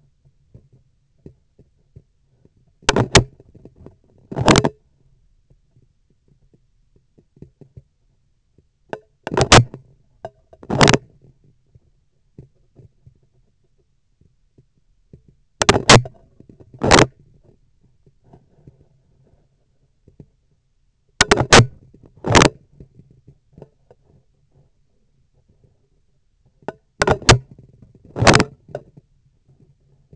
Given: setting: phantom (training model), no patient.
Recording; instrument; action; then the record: laparoscopic instrument, vibration sensor on the handle end; scissors; opening and closing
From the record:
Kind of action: tool actuation without material contact